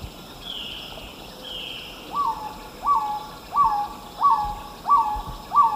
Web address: Natures Songs S America Eastern Lowlands Trogon melanurus, song male